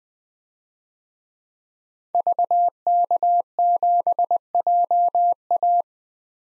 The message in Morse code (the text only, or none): VK7JA